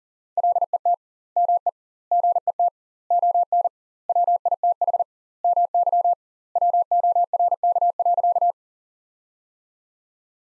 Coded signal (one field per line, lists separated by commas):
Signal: Morse code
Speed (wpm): 40 wpm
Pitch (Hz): 700 Hz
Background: none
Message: LET ME GET ON WITH MY WORK.